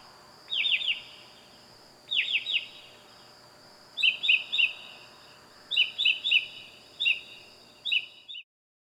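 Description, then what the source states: Bird calling in quick bursts of a few sweeping, chirpy notes every second or two, over a steady high hum. Loud bird calling at night.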